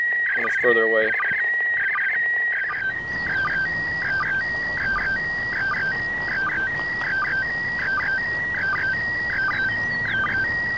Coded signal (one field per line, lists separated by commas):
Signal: SSTV (slow-scan television)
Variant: PD 180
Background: speech